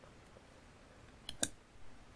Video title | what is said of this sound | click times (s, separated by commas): Project 2 in the Velleman EDU01 Kit - Transistor Acting As Current Amplifier | and now we can plug in our battery to the connector make sure it clicks so | 1.3 s, 1.4 s